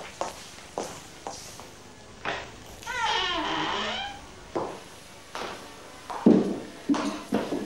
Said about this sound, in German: Die Treppe ist entsetzlich, die knarrt so bei jedem Schritt.